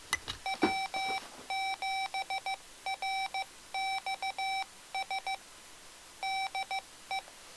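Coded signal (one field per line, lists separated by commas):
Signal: Morse code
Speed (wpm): 15 wpm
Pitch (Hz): 2300 Hz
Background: none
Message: W7RXS DE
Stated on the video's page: Morse sent by a Mr. Rags Macro Keyer kit using pre-programmed hard macros of standard CW QSO lines, in QSO mode.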